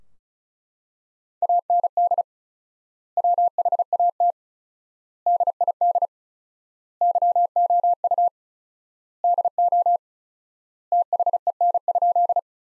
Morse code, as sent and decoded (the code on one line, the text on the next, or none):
.- -. -.. / .-- .... .- - / -.. .. -.. / -.-- --- ..- / -.. --- / - .... . -. ..--..
AND WHAT DID YOU DO THEN?